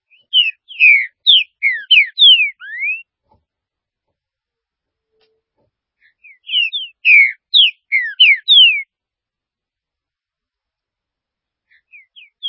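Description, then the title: Green-winged saltator song, a rich whistled phrase of slurred notes repeated twice, with a third phrase just beginning at the end; otherwise quiet. "Trinca Ferro"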